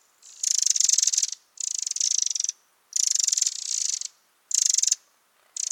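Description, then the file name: Eurasian wren churring: harsh, rapidly pulsed rattles lasting about half a second to just over a second, repeated with brief pauses, some fading out softer at the end. "Troglodytes troglodytes"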